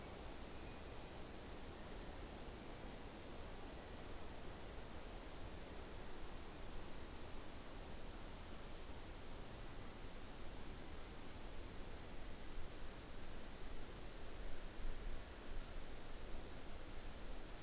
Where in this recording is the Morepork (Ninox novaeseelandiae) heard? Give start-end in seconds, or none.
none